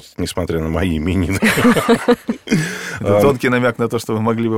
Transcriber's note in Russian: Смеются